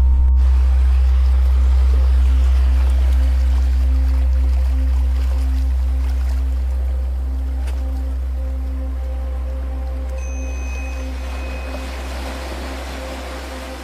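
Relaxing sleep music with sea waves: a deep, steady low drone holds throughout, with soft sustained tones layered above it. A constant wash of surf-like hiss fills the background, and the whole sound slowly fades across the fourteen seconds.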